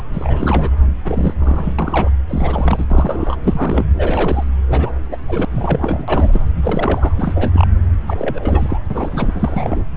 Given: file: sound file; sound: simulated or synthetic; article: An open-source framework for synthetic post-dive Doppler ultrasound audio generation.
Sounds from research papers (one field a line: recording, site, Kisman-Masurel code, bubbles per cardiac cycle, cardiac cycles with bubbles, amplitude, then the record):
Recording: Doppler ultrasound audio after a dive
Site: subclavian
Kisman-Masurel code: 342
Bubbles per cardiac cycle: rolling drumbeat, over 9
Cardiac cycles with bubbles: 100%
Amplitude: moderate amplitude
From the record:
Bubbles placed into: full cardiac cycles